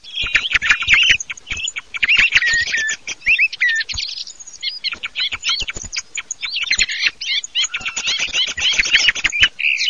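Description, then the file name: Thrush singing a rapid run of high chirps, twittering notes and short whistled phrases, with sharp clicking notes mixed in and a brief pause midway. "tordolucio"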